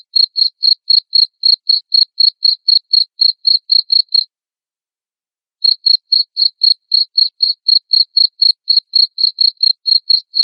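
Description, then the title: Cricket chirping in a fast regular series, pausing for about a second and a half midway, then resuming at the same quick pace. Loud cricket chirping played to make lovebirds sing continuously. "Suara JANGKRIK NGERIK Keras Bikin LOVEBIRD Jadi NGEKEK Terus"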